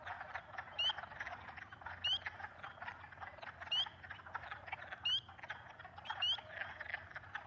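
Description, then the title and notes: Spring peeper calling, sharp rising peeps repeating every second or two over a dense background chorus. Evening of 18 March 2022 near a large swamp in West Kingstown, Rhode Island; peepers and other animals calling, growing loud over time. "Recorded in West Kingstown, Rhode Island on Liberty Road near the Great Swamp. Peepers"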